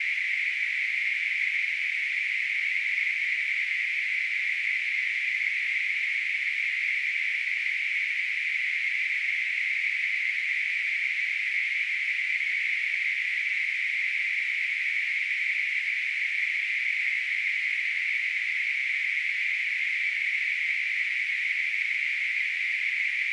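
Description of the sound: Simulated tinnitus: a steady, continuous hissing noise in a narrow band centered around 2 kHz, unchanging in pitch and loudness throughout.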